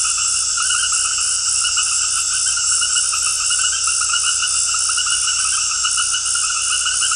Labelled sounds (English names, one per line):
none